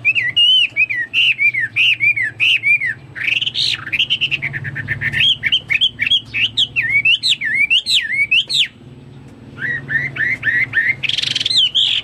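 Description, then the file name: Rich whistled hwamei song of wavy, rolling phrases and quick trills, a short pause, then the melody picks up again. "omkicau hwamei"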